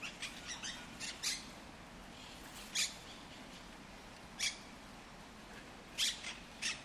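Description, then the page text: Monk parakeet calls, scattered short harsh squawks, some in quick pairs, above a low steady hiss. El Retiro park, Madrid; Madrid has Europe's largest monk parakeet population. "Cities and Memory - remixing the world. Monk parakeets in Madrid. Madrid has the greatest population of Monk Parakeets in Europe, many of whom can be seen and heard in the El Retiro park"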